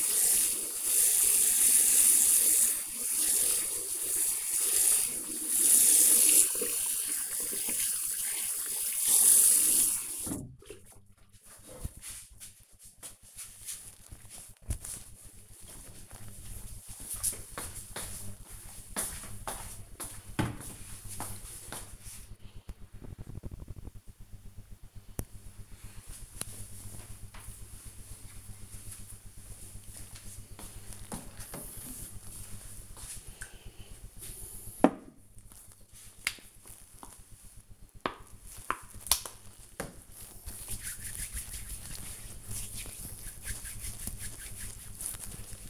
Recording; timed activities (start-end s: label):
household activities, microphone on the right wrist
0.00-10.97 s: washing hands
35.16-45.70 s: cream hands